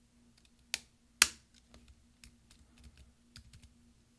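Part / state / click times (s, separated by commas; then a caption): laptop keycap onto scissor hinge / seated / 0.7 s, 1.2 s. A replacement plastic right Option keycap is pressed down onto its Type J scissor hinge on an early 2011 13-inch MacBook Pro A1278 (2.3 GHz Core i5, MC700) until it snaps at all four corners. Two sharp snaps land at 0.7 s and 1.2 s, followed by softer keyboard-like taps. The key ends up seated and installed.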